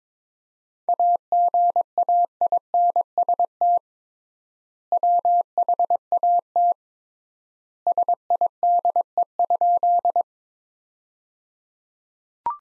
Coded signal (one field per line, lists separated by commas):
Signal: Morse code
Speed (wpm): 22 wpm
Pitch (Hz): 700 Hz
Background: none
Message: AGAINST WHAT SIDE?